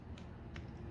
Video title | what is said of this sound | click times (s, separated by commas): Edoggz Reviews: Transformers Studio Series 86-11 Perceptor (Deluxe Class) | and that's going to click into place | 0.6 s